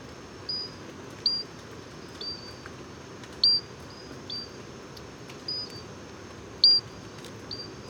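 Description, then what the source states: Pinchon's robber frog calls: short, very high, clear tinkling notes repeated irregularly at differing loudness over a steady soft background hiss. Tiny frog recorded 10 November 2018 at Moscou, heights of Gourbeyre, Guadeloupe, 736 m altitude near national park edge, in persistent rain; only in Basse-Terre forests, also sings by day, insect-like crystal note.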